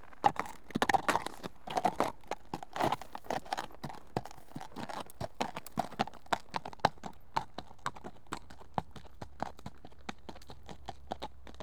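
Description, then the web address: Horse hooves clopping in a steady walking rhythm, sharp knocks several times a second. One horse walking on approach. "BBC Sound Effects Library BBC 37-Horses. One horse walks on approach, on"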